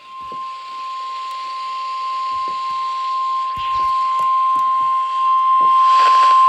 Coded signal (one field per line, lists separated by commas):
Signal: Emergency Alert System (SAME) tones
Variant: 1050 Hz attention tone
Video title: KZZ61, KIG76 and WXJ91 Required Weekly Test (EAS #85)